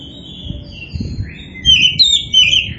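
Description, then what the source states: Oriental magpie-robin giving a soft sustained whistle, then a louder burst of bright, wavering notes near the end, over low background noise. Indonesian variety kacer poci, described as gacor, singing vigorously.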